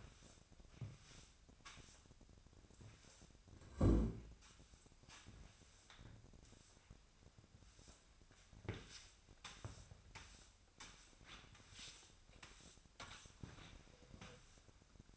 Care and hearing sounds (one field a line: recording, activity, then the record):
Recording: daily activity, microphone in the room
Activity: sweep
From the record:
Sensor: 2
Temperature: 25.5 degrees Celsius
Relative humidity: 38.8%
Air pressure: 1006.8 hPa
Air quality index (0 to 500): 198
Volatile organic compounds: 13 ppm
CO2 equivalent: 2426 ppm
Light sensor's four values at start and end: 9/22/9/9 and 9/21/9/9